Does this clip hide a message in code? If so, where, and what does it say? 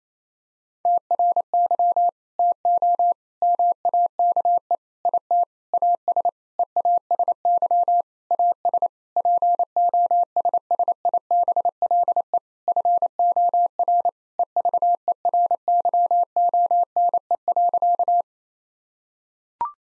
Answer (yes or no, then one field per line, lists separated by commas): yes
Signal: Morse code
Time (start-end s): 0.9-18.2 s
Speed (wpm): 28 wpm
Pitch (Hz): 700 Hz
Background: none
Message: TRY TO MAKE IT AS EASY AS POSSIBLE FOR EVERYONE.